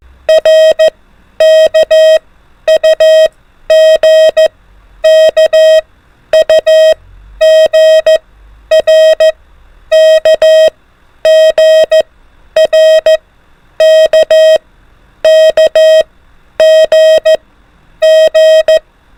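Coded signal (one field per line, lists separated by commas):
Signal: Morse code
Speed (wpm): 14 wpm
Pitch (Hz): 630 Hz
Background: none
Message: RKUGKUGRKGRKKGG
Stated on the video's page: Alphabet-only Morse code practice at an increased speed of 24 wpm for advanced learners.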